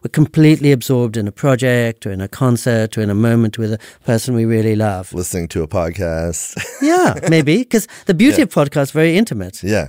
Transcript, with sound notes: we’re completely absorbed in a project or in a concert or in a moment with a person we really love.
Listening to a podcast. [Laughs]
Yeah, maybe because the beauty of podcast is very intimate,